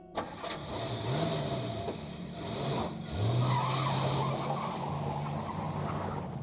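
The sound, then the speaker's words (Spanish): A car engine hums steadily, its pitch sliding up and down as the vehicle enters a curve at 45 miles per hour, with a brief squeal of tires over the continuous road noise. “el conductor notó la presencia del insecto por primera vez. En aquel momento iniciaba una curva a 45 millas por hora”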